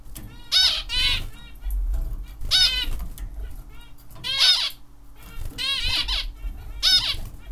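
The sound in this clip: Zebra finch giving several bursts of nasal, trumpet-like call notes over low background noise.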